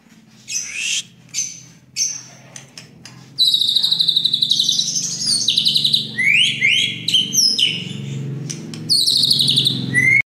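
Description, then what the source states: Oriental magpie-robin singing, a few separate sweeping notes followed by a long rapid run of varied whistles and buzzy trills, with a low steady hum underneath. Chirping song.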